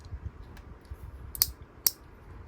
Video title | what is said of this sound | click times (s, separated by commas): Detailed Transformation - X-Transbots MX-32 Jian / Blades - Robot Mode to Alt Mode | Two clicks this way. | 1.4 s, 1.9 s